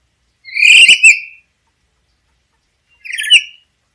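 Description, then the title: Black-capped lory calls, a rasping, buzzy screech of about one second followed by a shorter harsh note about one and a half seconds later, with nothing else heard. "Nuri kepala hitam"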